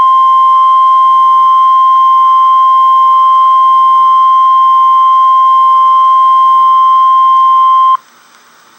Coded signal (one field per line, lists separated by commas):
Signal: Emergency Alert System (SAME) tones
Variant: 1050 Hz attention tone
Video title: REAL EAS 776-Tornado watch